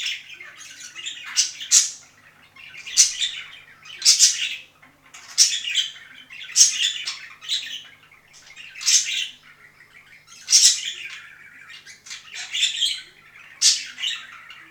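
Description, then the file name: Budgerigar song, steady chattering warble with repeated harsh squawky bursts about every one to one and a half seconds throughout. "penie volnistyx popugaev"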